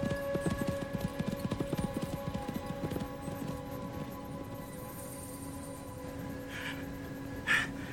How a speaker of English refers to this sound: Sounds like horses.